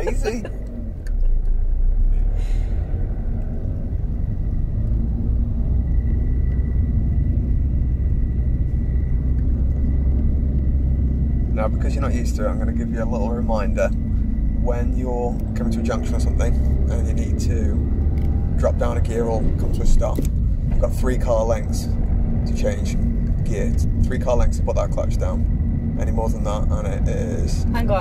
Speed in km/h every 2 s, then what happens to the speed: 11, 15, 16, 18, 18, 15, 15, 19, 21, 23, 24, 23, 24, 19.
0-6 speeds up to 18. 6-12 steady at about 15.